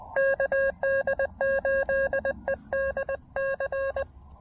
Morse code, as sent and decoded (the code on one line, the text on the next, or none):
-.- -.. ---.. . -.. -.-.
KD8EDC